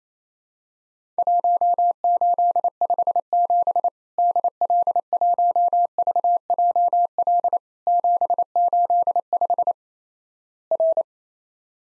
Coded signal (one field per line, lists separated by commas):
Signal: Morse code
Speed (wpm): 28 wpm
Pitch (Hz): 700 Hz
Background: none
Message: 1857 DL1VJL 785 R